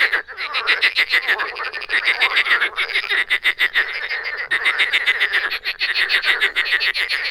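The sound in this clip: Frog chorus of fast, rattling croaks stacked on top of one another.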